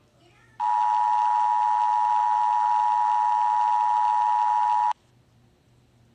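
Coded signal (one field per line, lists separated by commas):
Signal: Emergency Alert System (SAME) tones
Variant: 853 and 960 Hz attention tone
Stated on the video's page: Fictional EAS scenario.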